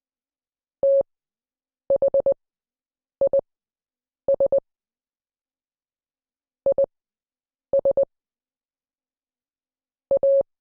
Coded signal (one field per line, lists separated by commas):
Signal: Morse code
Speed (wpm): 20 wpm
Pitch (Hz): 550 Hz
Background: none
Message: THIS IS A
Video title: Morse Code Class 08